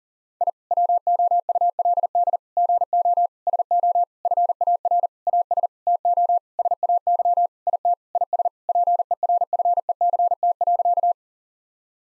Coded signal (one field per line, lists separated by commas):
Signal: Morse code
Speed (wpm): 40 wpm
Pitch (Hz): 700 Hz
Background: none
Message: I WOULD GO SO FAR AS TO SAY IT IS PERFECT.